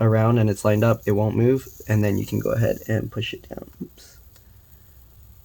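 A small wireless antenna coax connector is lined up over its socket on the logic board of a 2020 13-inch MacBook Pro A2251 and about to be pressed down with a finger. Someone talks through most of the clip, followed by a few faint handling sounds and quiet. Nothing has seated or clicked yet.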